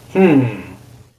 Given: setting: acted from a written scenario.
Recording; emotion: vocal sound without words; pride